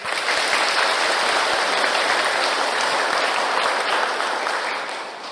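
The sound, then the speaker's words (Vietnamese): A crowd at a dharma talk by Buddhist nun Ni Sư Hương Nhũ applauds steadily, a dense wash of many hands clapping at constant loudness for several seconds before tapering slightly at the end. “chúng ta cho một tràng pháo tay”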